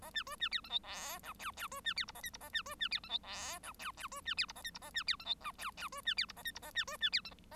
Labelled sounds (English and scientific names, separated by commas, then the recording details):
Bengalese Finch (Lonchura striata domestica) song
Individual Bird1